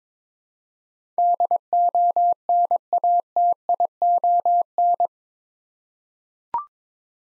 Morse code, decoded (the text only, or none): DONATION